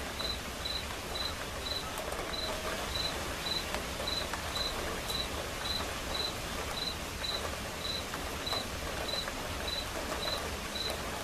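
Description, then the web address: Cricket chirping, a long series of short high chirps about every half second over a constant hiss of quiet rain. Crickets chirping as accompaniment to a quiet rain. "som de chuva silenciosa com acompanhamento de grilos"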